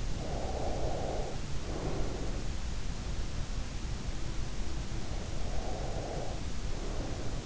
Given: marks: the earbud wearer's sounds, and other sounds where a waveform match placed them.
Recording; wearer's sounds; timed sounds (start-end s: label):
sounds in sleep by an in-ear microphone; breath
0.14-2.47 s: breath
5.42-7.45 s: breath